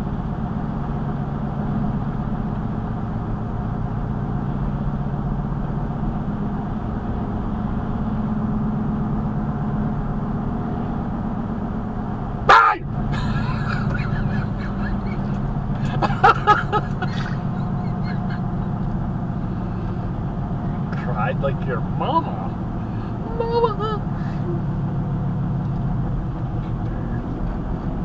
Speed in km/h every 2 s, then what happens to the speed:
69, 69, 69, 72, 71, 69, 69, 66, 63, 61, 61, 60, 58, 61.
0-7 steady at about 69. 7-17 slows to 61. 17-28 steady at about 61.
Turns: none.